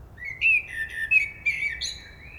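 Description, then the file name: Common blackbird song phrase of clear, rising and falling fluted whistles, capped by a thin high squeaky note and a trailing whistle. "Turdus merula"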